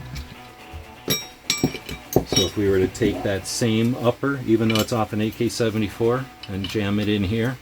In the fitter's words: rares for the front the rear sight here it's gonna fit like that and then lock into place